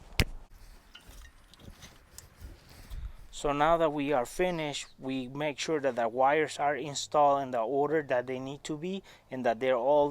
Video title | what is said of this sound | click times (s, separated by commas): How to replace spark plugs on a Toyota engine | you want to feel that click | 0.2 s